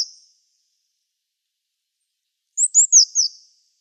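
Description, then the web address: Eurasian blue tit call, a quick series of four high, sharply descending notes after a brief earlier note, with otherwise complete silence around it. "cianscape. Deverinetal"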